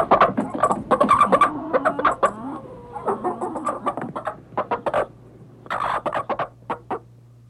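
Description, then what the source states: Domestic pig: dense, loud grunting at first, then thinning into scattered clipped grunts with a brief louder outburst before trailing off. Hogs behaving aggressively.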